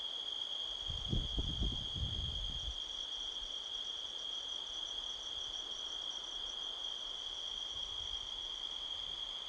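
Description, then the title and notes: Crickets keep up a shrill steady trill with pulsed chirping above; a burst of wind rustles through trees early on, then settles. Midnight, 5 October 2023, canyon at Sedona, Arizona, USA; strong wind blowing across the canyon rustling trees, crickets calling all around. "Midnight Soundscape, Sedona, Arizona, USA on 5th October 2023 – by Joe Harvey-Whyte. A strong wind blows across the canyon, rustling trees. The sound of crickets can be heard all around"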